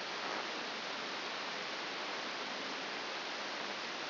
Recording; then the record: brain microelectrode recording played as sound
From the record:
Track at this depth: outside the subthalamic nucleus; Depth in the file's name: 6.501 mm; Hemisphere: left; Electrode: 2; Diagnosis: Parkinson's disease